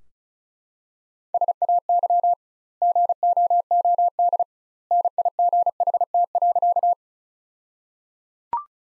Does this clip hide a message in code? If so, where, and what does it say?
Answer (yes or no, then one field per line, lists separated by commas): yes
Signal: Morse code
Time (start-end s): 1.3-6.9 s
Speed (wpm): 34 wpm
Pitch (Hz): 700 Hz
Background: none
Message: SAY GOOD NIGHT.